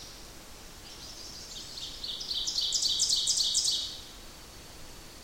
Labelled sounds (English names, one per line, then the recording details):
Ovenbird song
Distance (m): 20 m
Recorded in boreal forest in Alberta, Canada, on 8 June 2016 at 07:24
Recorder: SongMeter 3, array SBT-3-9
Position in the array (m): 51 m, 108 m
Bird 33